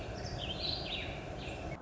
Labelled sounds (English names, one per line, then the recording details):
Warbling Vireo
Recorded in Sonoma County, California